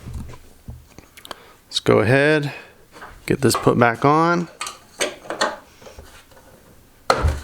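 A GrimmSpeed dress-up cap with its new insert is pushed back onto a fluid reservoir in the engine bay of a 2008-2014 Subaru Impreza WRX/STI while someone talks, with light handling taps along the way. A sharp snap at 7.1 s marks the cap seating into place.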